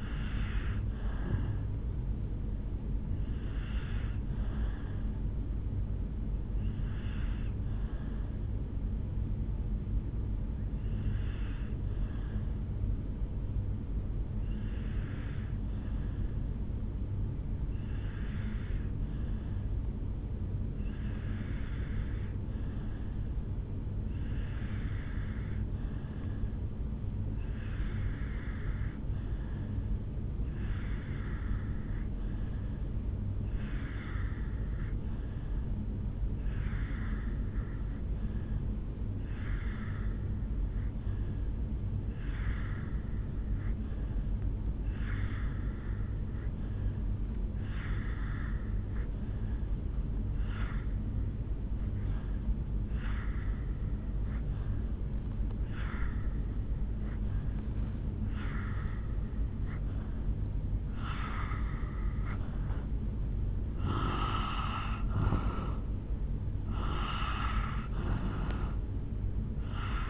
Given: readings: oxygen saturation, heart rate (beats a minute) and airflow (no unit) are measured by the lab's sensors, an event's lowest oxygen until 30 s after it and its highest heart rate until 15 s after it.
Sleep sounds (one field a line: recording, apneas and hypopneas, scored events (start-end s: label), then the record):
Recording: breathing in sleep by a smartphone at the bedside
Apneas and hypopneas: 1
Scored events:
4.00-62.20 s: obstructive apnea (N1, oxygen 97% highest, then 82% lowest, heart rate 49 at the start, 71 highest)
7.00-70.10 s: new sleep stage, N2 (light sleep)
From the record:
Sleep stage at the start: N1 (lightest sleep)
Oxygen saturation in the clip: 81 to 97%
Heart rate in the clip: 49 to 71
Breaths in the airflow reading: 4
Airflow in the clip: -9.2 to 3.6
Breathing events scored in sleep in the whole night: 449 in 7.0 hours asleep